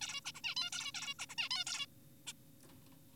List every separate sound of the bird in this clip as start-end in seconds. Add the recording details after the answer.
0.01-0.21, 0.25-0.32, 0.35-0.41, 0.44-0.55, 0.57-0.70, 0.72-0.92, 0.94-1.14, 1.19-1.26, 1.30-1.35, 1.38-1.49, 1.51-1.64, 1.67-1.86, 2.27-2.33. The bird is an adult. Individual g4p5U